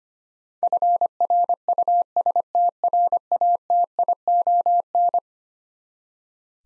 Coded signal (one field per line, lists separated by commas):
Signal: Morse code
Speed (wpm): 25 wpm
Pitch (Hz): 700 Hz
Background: none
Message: FRUSTRATION